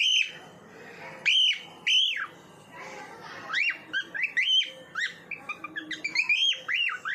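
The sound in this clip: Bird song with loud arching whistles early on, then a faster run of shorter whistled and chirping notes.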